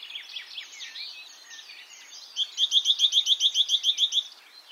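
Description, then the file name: Great tit calls: soft mixed twittering at first, then a quick run of many bright, ringing notes, evenly spaced. "Parus major"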